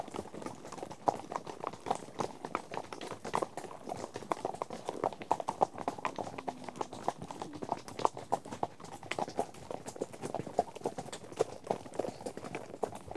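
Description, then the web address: Horse hoofbeats, a steady dense clatter of hooves, continuing throughout without pause or vocal calls. A herd of horses out on a trek. "BBC Sound Effects Library. Herd of horses out on trek"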